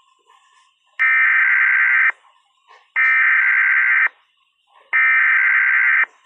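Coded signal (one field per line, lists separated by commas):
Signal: Emergency Alert System (SAME) tones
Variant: header bursts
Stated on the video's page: Fictional EAS alert for an impossible category 6 tornado in southern Chile.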